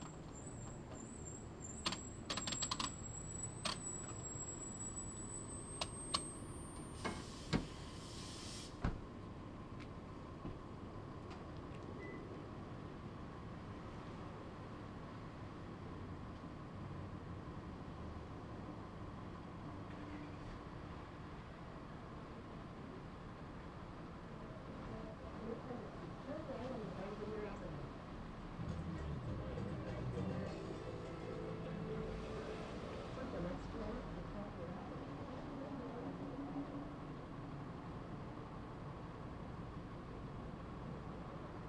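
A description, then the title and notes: A gas station forecourt with a steady low rumble of idling and passing cars throughout. In the first ten seconds, sharp clicks and knocks from refueling stand out, along with a thin high whine that rises briefly near six seconds. Faint voices and engine swells come and go later. CITGO Gas Station. Standing by a gas pump at the CITGO on Plaza and Parkwood.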